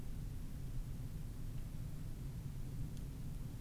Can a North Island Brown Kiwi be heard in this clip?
no